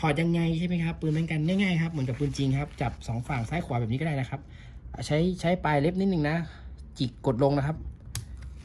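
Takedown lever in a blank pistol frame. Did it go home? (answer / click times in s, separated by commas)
released / 8.2 s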